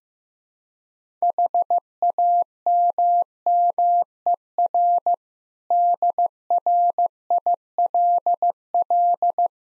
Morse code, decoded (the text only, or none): HAMMER DRILL